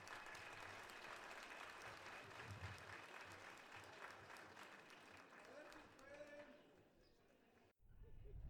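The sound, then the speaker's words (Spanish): An audience at a gathering in Zacatecas claps steadily for about seven seconds to invite people to come forward, a dense, even patter that thins slightly toward the end before stopping abruptly, with a few voices calling out underneath. “Un aplauso para que se animen a pasar.”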